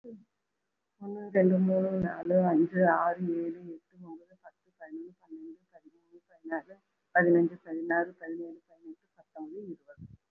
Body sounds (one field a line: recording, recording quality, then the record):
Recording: counting at a fast pace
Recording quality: excellent, no background noise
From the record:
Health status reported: recovered from COVID-19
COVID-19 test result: positive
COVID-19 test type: RT-PCR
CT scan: taken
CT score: 3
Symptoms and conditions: cough, cold, breathing difficulty, chronic lung disease, pneumonia, hypertension, diabetes, another condition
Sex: female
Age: 63 years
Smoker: no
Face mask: worn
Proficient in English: yes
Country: India